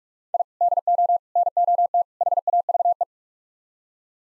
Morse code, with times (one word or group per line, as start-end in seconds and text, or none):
0.3-0.4 I
0.6-1.2 DO
1.4-2.0 NOT
2.2-3.0 HAVE